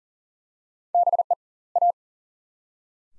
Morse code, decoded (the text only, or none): BE A